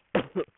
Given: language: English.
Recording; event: throat vibration sensor signal played as sound; cough